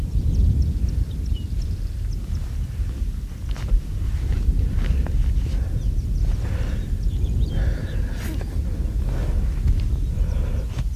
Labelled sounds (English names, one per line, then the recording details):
Arctic Fox
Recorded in the wild
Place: Insel Mednyi, Kommandeur-Inseln, RU
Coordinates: 54.5167, 168.083
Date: 1999-07-06
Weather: kein Nebel, 5°C, schwacher Wind
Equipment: Sony WM-D6C, Sennheiser MKH 70, Windkorb, Kopie Sony TCD-D8
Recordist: Frommolt, Karl-Heinz
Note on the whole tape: Südosten der Halbinsel, Nähe Weggabelung Robben/Fuchsbau: drei Bellstrophen eines Polarfuchses vom Küstengrat. Tier nicht gesehen